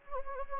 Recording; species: mosquito wingbeat signal from an infrared sensor; Anopheles arabiensis